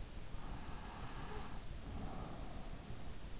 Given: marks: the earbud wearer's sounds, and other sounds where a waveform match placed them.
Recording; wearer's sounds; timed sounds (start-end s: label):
sounds in sleep by an in-ear microphone; breath
0.30-3.08 s: breath